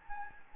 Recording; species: mosquito wingbeat signal from an infrared sensor; Anopheles gambiae